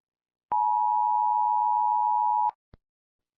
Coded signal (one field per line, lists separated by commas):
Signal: Emergency Alert System (SAME) tones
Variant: 853 and 960 Hz attention tone